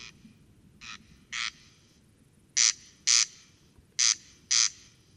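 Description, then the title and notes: Corn crake rasping song, dry double 'crex-crex' notes given in pairs with uneven pauses, the first pairs softer, then louder. Single singing bird near a peat bog at Col Bayard, Hautes-Alpes, 12 July 2018, evening; sang continuously from 23:00 until dawn; recorded with Nagra Seven and Telinga Pro7. "Observation sonore - Le Râle des genêts. 12 juillet 2018-Col Bayard - Hautes Alpes. Râle des genêts ( Crex crex)"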